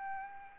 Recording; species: mosquito wingbeat signal from an infrared sensor; Aedes albopictus